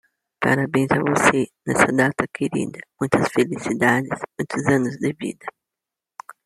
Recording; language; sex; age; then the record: short text; Brazilian Portuguese; female; 50 to 59 years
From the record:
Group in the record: control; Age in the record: 51 years